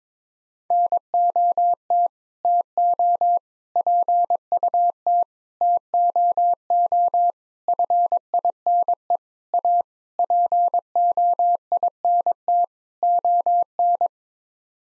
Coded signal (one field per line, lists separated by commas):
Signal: Morse code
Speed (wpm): 22 wpm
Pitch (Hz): 700 Hz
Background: none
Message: NOT TO PUT TOO FINE A POINT ON